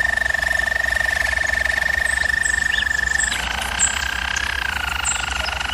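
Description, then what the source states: German Roller canary song: a long steady high trill that switches to a lower, softer rolling tour after three seconds, low hum beneath. Canary training recording of a German Roller canary singing.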